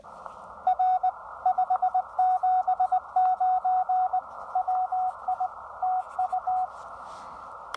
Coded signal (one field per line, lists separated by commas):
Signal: Morse code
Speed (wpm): 20 wpm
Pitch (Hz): 740 Hz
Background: radio noise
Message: R 579 WI TU